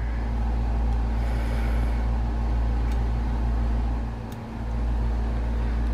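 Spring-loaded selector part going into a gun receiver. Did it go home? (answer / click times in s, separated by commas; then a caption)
no / none. A spring-loaded selector part is being worked into line in the receiver of a Savage 24E break-action combination gun, with down and back pressure held before it is pushed to snap into its dimple. Lining it up is the hardest part. Only a steady low hum with faint handling noise is heard, and nothing has seated or clicked yet.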